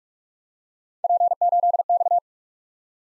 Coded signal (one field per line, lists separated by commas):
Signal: Morse code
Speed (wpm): 51 wpm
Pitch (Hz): 700 Hz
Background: none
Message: P8X